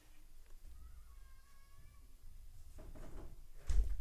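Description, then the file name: Cat giving a soft, drawn-out meow with a steady tone, over a low rumbling background, followed by a brief loud noise near the end. "katzen von marie"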